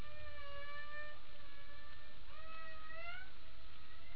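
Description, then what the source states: Humpback whale song units: long, level tonal moans, then a slow rising upsweep near the middle, over steady low background noise. Passive acoustic recording (HARP), 28 April 2009 at 22:31.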